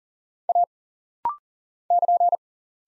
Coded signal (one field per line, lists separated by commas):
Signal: Morse code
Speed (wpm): 39 wpm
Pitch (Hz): 700 Hz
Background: none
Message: A <KN>